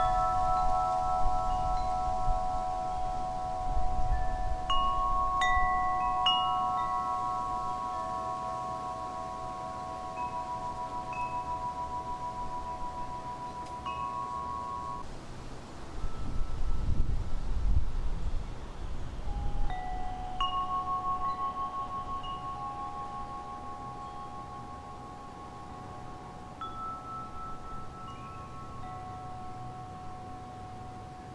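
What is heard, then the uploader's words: Wind chimes ring with long, sustained metal tones that overlap and hang in the air, struck a few times in the first fifteen seconds and again after twenty. Low rumbling gusts of wind swell underneath, strongest around four and seventeen seconds. Soothing Wind Chime.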